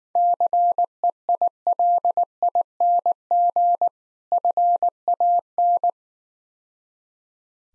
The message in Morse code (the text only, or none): CEILING FAN